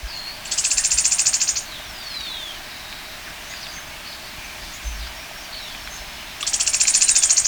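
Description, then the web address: White-sided flowerpiercer with two high, buzzy, rapidly pulsed trills about five seconds apart; soft thin notes from other birds are heard between them. Recorded in Ecuador. "Natures Songs S America Birds of Ecuador. White-Sided Flowerpiercer"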